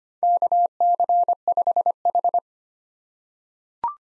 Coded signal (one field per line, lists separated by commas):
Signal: Morse code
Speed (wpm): 25 wpm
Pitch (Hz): 700 Hz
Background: none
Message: KC5H